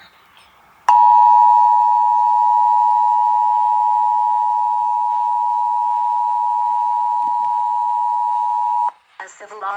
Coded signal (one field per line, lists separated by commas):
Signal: Emergency Alert System (SAME) tones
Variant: 853 and 960 Hz attention tone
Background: speech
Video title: US Emergency Alert Systems 2026 (part 3)